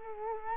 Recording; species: mosquito wingbeat signal from an infrared sensor; Culex quinquefasciatus